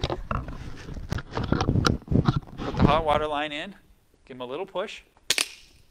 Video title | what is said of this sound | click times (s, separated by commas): Uponor Pipe Hangers and PEX Clips | push, hear that click and they're good. | 5.3 s